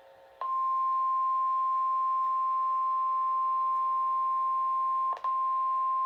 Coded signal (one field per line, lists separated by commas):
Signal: Emergency Alert System (SAME) tones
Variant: 1050 Hz attention tone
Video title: 5/23/26 Flood Warning for Brazoria and Galveston Counties (EAS #55)